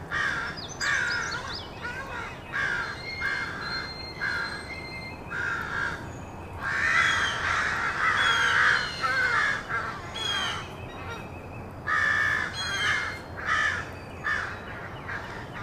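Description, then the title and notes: Crows cawing loudly and raggedly, harsh caws overlapping at an uneven pace of about ninety a minute. Rowdy crows cawing loudly in treetops in an urban park just after sunrise. "Field Recording: The Wild and Raucous Sounds of Crows Cawing in the Treetops. a field recording of rowdy crows loudly cawing in the treetops amidst the sounds of other birds -- and since this was recorded in an urban park -- also you may hear the sounds of morning traffic"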